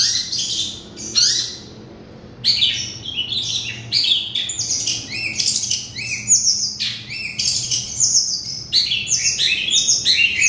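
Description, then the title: Oriental magpie-robin delivering a varied song of bright whistles, dropping slurs and harsh chirps, with a short quiet spell near two seconds before building into continuous phrases. "Kicau Kacer"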